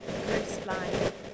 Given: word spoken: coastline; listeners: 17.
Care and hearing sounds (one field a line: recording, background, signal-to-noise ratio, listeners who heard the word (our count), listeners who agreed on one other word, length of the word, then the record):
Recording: one English word in noise, from a listening test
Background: noise modulated by three-talker babble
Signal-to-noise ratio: -7.0 dB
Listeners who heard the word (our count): 2 of 17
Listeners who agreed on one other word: 6 of 17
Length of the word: 0.95 s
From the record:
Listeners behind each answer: 6, 2, 2, 1, 1, 1, 1, 1, 1, 1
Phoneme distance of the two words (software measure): 20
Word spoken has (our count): 2 syllables, 7 phonemes, stress on syllable 1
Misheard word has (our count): 2 syllables, 7 phonemes, stress on syllable 1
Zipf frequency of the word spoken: 4.03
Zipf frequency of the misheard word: 2.68